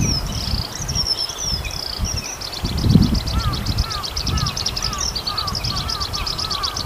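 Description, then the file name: Eurasian skylark song, a continuous rapid high warbling of trills and chirps, with lower slurred notes repeated and low rumbling background noise. "hibari"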